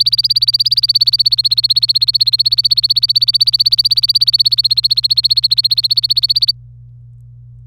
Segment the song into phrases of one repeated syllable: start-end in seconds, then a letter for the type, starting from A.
0.00-6.51 A